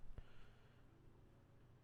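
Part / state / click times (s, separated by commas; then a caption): plastic wheel onto block model's lower body / not seated / none. A builder presses the plastic wheels of a building-block figure onto its bottom portion, but the wheels will not pop on. Only a faint tick is heard around 0.2 s, with no snap, and nothing has seated.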